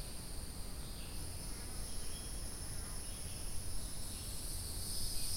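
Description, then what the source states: Hieroglyphic cicada chorus, a steady, unbroken high-pitched droning buzz with several layered tones, over a constant low rumble. A chorus of cicadas calling together.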